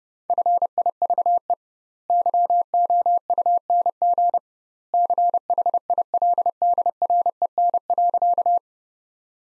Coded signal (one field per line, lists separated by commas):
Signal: Morse code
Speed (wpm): 32 wpm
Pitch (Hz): 700 Hz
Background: none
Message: FIVE YOUNG CHILDREN.